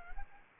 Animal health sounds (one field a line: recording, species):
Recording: mosquito wingbeat signal from an infrared sensor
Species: Anopheles arabiensis